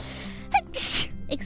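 A brief voiced intake followed by one sharp, hissing burst: a single ordinary sneeze by an adult streamer.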